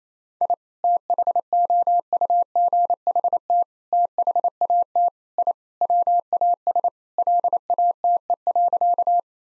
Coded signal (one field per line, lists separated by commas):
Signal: Morse code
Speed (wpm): 28 wpm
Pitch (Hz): 700 Hz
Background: none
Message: I THOUGHT THAT I WAS LATE.